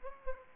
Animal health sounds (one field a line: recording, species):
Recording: mosquito wingbeat signal from an infrared sensor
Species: Aedes aegypti